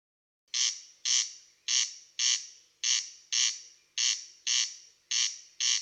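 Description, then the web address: Corn crake call, loud grating rasps repeated steadily at an even pace, with nothing else audible. "tydzien eko MEDIA Derkacz"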